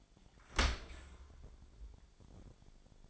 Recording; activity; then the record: daily activity, microphone in the room; open dishwasher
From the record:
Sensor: 5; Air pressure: 1006.8 hPa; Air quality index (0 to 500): 181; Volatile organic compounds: 5 ppm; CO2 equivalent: 1726 ppm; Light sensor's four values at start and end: 53/148/58/58 and 53/149/58/58